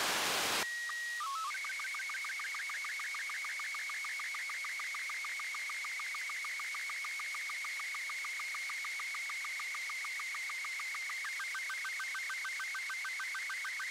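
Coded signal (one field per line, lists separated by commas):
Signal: SSTV (slow-scan television)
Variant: Robot 36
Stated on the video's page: SSTV from a FLEETSATCOM geostationary satellite on 255.559 MHz, received with a Nooelec RTL-SDR and homemade turnstile antenna.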